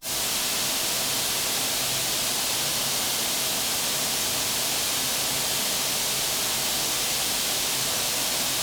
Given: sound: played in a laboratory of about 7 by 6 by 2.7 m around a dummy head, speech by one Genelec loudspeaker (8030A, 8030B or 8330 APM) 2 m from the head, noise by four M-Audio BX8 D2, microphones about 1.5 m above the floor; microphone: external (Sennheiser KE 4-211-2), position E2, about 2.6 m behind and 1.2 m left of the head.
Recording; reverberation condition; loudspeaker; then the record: white noise; high; four, about 170 cm from the corners of the room and facing them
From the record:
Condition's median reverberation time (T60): about 1300 ms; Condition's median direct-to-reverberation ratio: about -4.0 dB